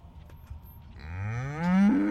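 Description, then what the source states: Cattle mooing: a single drawn-out moo that starts low and climbs steadily in pitch, rich and harmonic, swelling louder toward the end. Impatient cattle lined up by a roadside pasture waiting for breakfast in the morning.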